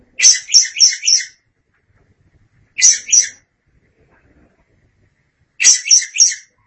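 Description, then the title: Oriental magpie-robin giving three phrases of rapid buzzy notes, three or four notes each, separated by silent gaps. Chirping song. "Suara Kicauan Burung Kacer Durasi Panjang"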